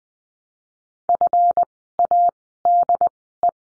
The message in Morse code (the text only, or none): FADE